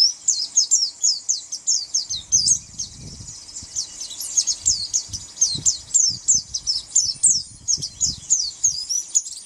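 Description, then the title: White-eye twittering song, very high and rapid, a continuous jumble of sweet chips and short slurred notes, with soft low thumps and rustles in the background. "Pleci"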